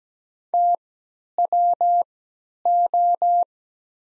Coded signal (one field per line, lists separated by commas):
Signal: Morse code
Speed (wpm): 17 wpm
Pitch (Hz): 700 Hz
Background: none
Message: TWO